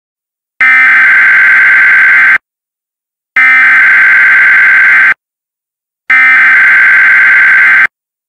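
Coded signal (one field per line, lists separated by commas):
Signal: Emergency Alert System (SAME) tones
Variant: header bursts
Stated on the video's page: Severe thunderstorm watch from a NOAA weather radio station in Columbus, Ohio.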